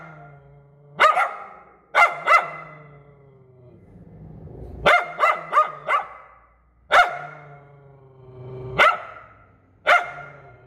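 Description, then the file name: Poodle barking in single and double yaps and one short run of several barks, with pauses between. "Tieng cho poodle sua"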